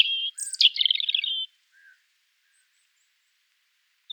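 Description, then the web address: European Robin phrase: a high whistled note followed by a rapid scratchy twitter for about a second. After that comes near silence, with a brief note starting at the end. "erithacus rubecula call"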